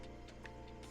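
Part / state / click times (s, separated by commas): cap top into UV printer capping station / seated / 0.5 s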